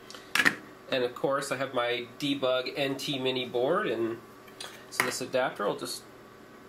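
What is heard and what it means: A Coleco cartridge adapter board for the NT mini, with wire ends stripped and soldered where the Coleco cartridge connector would go, is handled as it is about to be pushed into the connector on a debug NT mini FPGA board while someone talks. Two sharp handling knocks come at about 0.1 and 0.5 seconds. The clip ends before the adapter goes home, so nothing has seated or clicked yet.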